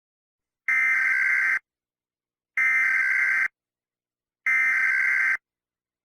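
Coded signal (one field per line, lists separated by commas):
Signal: Emergency Alert System (SAME) tones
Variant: header bursts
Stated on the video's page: Fictional EAS scenario about a chemical leak.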